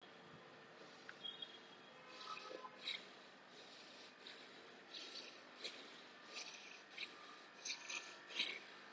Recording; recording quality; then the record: deep breathing; moderate, slight background noise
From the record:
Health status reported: healthy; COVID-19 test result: not tested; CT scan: not taken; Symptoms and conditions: none ticked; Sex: male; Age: 25 years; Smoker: no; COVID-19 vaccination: both doses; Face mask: worn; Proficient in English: yes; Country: India